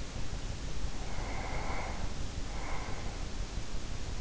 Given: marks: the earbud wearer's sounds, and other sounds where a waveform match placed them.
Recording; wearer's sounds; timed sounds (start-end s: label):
sounds in sleep by an in-ear microphone; breath
0.97-3.37 s: breath